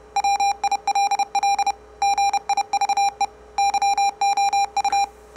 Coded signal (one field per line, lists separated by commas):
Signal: Morse code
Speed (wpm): 31 wpm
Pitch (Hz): 800 Hz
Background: none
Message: WILL GIVE YOU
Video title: COPYING MORSE CODE With Various Waveforms - Experiment